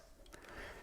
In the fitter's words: and slide it into place until it clicks